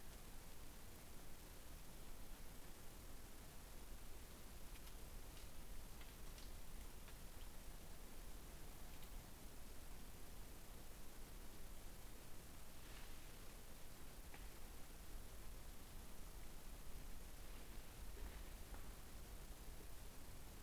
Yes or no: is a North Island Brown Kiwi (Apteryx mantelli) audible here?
no